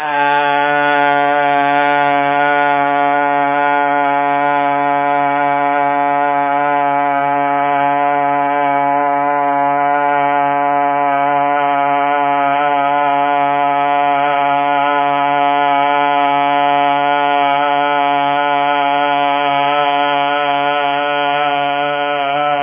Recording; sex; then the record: sustained vowel /a/; male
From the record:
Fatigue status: no fatigue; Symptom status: symptomatic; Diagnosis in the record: COVID-19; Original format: 3gp